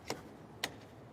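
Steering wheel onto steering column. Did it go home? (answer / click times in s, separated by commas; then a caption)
yes / 0.6 s. A removable steering wheel is pushed onto the steering column of a makeshift luggage vehicle. A fainter tick at 0.1 s is followed by a sharp, solid click at 0.6 s as the wheel locks in place on the column.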